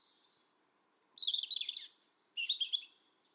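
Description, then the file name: European robin giving two song phrases, each starting with a very high, thin drawn-out whistle, then dropping into fast, jumbled twittering notes, in quiet surroundings. "Erithacus rubecula"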